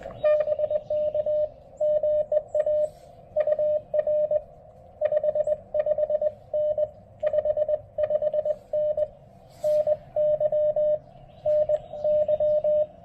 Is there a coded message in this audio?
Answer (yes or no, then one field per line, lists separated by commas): yes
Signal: Morse code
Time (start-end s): 0.2-12.8 s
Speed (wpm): 19 wpm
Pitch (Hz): 590 Hz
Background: radio noise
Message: BK GA UR 55N 55N NY NY